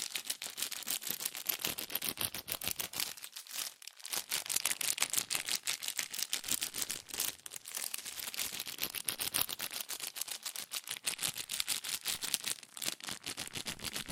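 Fast, dense tapping and scratching on cardboard and paper, crisp and bright, continuous with brief quieter pauses near four and thirteen seconds.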